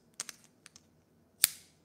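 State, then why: Seated. A mountain bike multi-tool kit is pushed into its fitted holster. A few light clicks and taps come first, between 0.2 and 0.8 s. Then a sharp, loud snap at 1.4 s shows the tool clicking home and seating in place.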